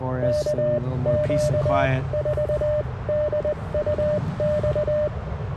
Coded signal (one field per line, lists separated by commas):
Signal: Morse code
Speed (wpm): 20 wpm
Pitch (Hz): 590 Hz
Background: speech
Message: KQ4DUX